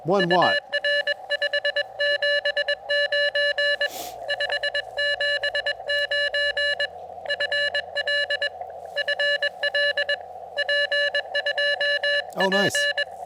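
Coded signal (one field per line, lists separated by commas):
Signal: Morse code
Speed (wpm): 21 wpm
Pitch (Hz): 1750 Hz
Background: speech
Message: UR579 579 FL FL P2P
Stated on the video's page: Sent with a heavy Vibroplex Original Deluxe bug on an Elecraft KX2 QRP field radio with an Elecraft AX1 antenna, during an activation.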